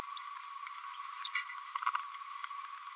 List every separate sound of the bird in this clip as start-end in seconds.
1.24-1.28